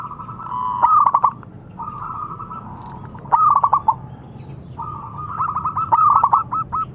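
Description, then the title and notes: Zebra dove song: repeated bursts of fast staccato coos, roughly every two to three seconds, with quieter droning coos between phrases. Long-duration lure recording of an actively singing zebra dove (perkutut). "Pancingan Perkutut Durasi Panjang. Suara Burung Perkutut Gacor"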